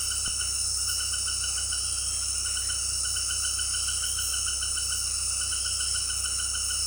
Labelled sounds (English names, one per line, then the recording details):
none
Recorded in dense forest near Puerto Asís, Putumayo, Colombia, on 19 February 2024 at 18:30
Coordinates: 0.485, -76.322
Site G6406